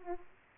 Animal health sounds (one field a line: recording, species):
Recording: mosquito wingbeat signal from an infrared sensor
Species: Aedes aegypti